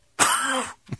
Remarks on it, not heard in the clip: They're sneeze coughs. They're scoffs. A heavier cough. I'm trying to get something out of my throat at the same time.